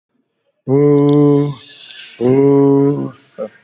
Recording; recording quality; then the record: sustained vowel as in boot; excellent, no background noise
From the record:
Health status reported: COVID-19 positive, mild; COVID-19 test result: positive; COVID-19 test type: RT-PCR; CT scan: not taken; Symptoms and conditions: cough, sore throat, muscle pain, hypertension, another condition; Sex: male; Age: 65 years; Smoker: no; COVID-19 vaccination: one dose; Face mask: worn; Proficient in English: no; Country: India